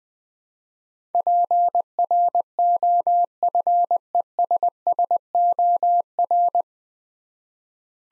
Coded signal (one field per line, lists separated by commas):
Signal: Morse code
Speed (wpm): 20 wpm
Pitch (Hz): 700 Hz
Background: none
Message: PROFESSOR